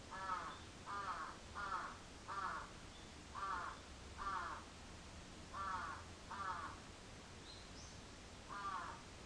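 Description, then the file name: Crow cawing, a series of harsh caws in short runs separated by brief pauses, with a faint high note near the end. Recorded 14 July 2022 at 06:37. "karasu-in 220714 0637"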